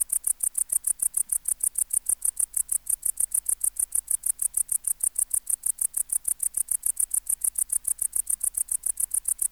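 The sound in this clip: Tettigonia hispanica bush-cricket singing a fast, unbroken train of high, dry clicking pulses, steady throughout.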